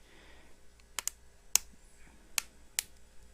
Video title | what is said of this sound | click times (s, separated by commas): Samsung Galaxy S4 screen replacement glass only | it's all clicked into place once it all clicks in | 1.0 s, 1.1 s, 1.6 s, 2.4 s, 2.8 s